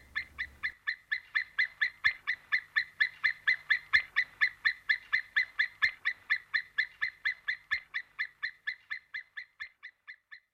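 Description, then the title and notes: White-tailed Eagle giving a long yelping call series of many evenly spaced clipped notes, fading toward the end. "Viikon luontoääni: Merikotka. Juha Laaksonen"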